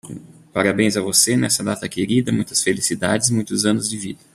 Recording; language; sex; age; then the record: short text; Brazilian Portuguese; male; 40 to 49 years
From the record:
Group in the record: control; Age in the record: 40 years